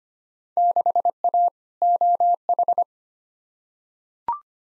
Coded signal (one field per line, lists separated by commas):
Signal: Morse code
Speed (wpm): 25 wpm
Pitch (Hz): 700 Hz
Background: none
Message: 6A OH